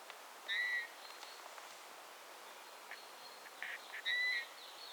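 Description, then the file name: Eurasian bullfinch giving soft piping whistles, one note near the start and a pair near the end. "Pyrrhula pyrrhula"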